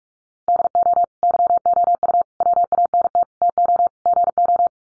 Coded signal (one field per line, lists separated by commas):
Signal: Morse code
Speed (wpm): 44 wpm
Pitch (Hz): 700 Hz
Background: none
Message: DO YOU WANT TO GO